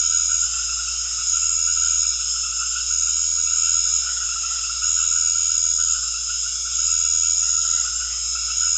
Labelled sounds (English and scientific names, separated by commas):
none